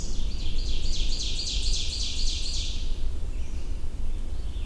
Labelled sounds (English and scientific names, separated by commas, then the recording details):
Ovenbird (Seiurus aurocapilla) song
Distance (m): 30 m
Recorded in boreal forest in Alberta, Canada, on 21 June 2016 at 08:39
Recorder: SongMeter 3, array SBT-6-81
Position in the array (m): 63 m, 130 m
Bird 23